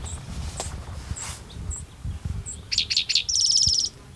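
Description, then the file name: Spotted Towhee song: three sharp introductory notes followed by a dry, rapid trill, with scattered high chip notes and low background rumble. Recorded 12 June 2009 in Cicero. "Cicero 12 Jun 2009 Pmaculatus"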